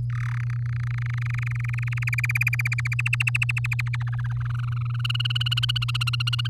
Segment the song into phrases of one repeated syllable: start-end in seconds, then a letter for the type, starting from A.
0.10-0.44 A, 0.47-2.10 B, 2.12-2.94 C, 2.99-3.96 D, 4.00-5.01 E, 5.04-6.47 F